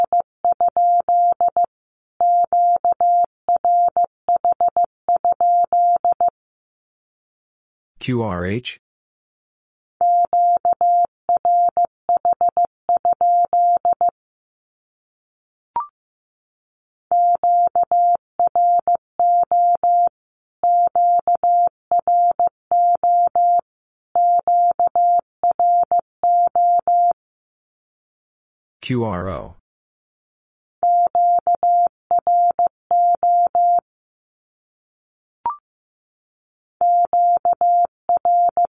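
A steady mid-pitched Morse tone beeps out the same code three times, each pass split by a brief burst of noisy static.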